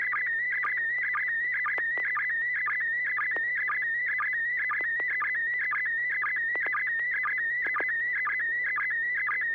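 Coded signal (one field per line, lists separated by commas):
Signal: SSTV (slow-scan television)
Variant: PD120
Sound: steady warbling whistle near 2 kHz with quick regular chirps dipping lower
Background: FM radio, low hum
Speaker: uh Bill thank you yes I do so it's uh pd120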